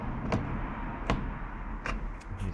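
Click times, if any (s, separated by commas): 0.3 s, 1.1 s, 1.9 s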